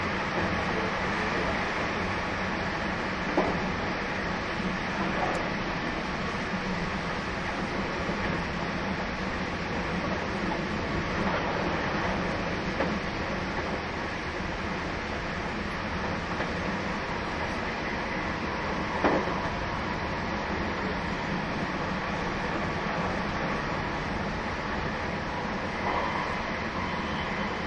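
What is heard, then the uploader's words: A train runs steadily for the whole stretch, its dense, even rumble holding at a constant level with a low droning hum underneath. Faint clicks and knocks from the wheels surface now and then, most noticeably near the middle and toward the end. 2001,225系 700 新快速23号 01/01:野洲～姫路. The 225 series-700 is a newly built vehicle exclusively for the paid seats ``A seat''. The train running sound.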